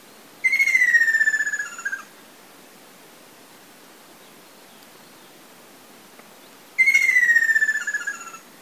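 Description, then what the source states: Ruddy kingfisher song: two descending, rolling whistled trills, each about one and a half seconds, separated by roughly five seconds of quiet hiss. Recorded 30 May 2010.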